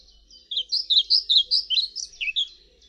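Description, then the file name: European pied flycatcher singing a rhythmic string of high chirping notes that rise and fall in a bouncy pattern, about ten notes over two seconds. "Mucholowka zalobna"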